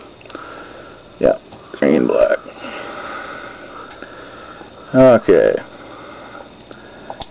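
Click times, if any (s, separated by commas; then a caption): 7.1 s, 7.2 s. A crimped metal terminal pin on a green wire is pushed into its cavity in a plastic connector housing until the locking tab catches. Someone talks in bursts over a steady background, with small ticks near the start and at 4.0 s. The pin seats with clicks at 7.1 s and 7.2 s.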